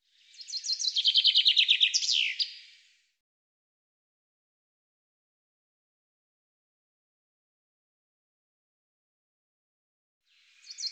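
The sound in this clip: Common chaffinch song: one bright phrase of nearly three seconds, a fast descending run of notes ending in a sharp flourish, then silence until another phrase begins at the end.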